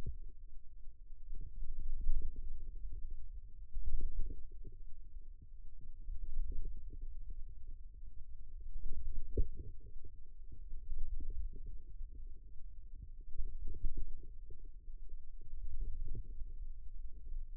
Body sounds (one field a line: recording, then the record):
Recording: forearm muscle sounds (acoustic myography)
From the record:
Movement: wrist extension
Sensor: system 2, bracelet of six BSWA MPA416 microphones around the upper forearm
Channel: 6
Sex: female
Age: 22 years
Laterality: right